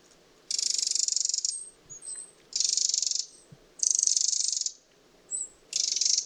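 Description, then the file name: Eurasian wren giving harsh, dry rattling calls in four bursts, most about a second long and the last cut off, with short thin high notes between them. "Troglodytes troglodytes"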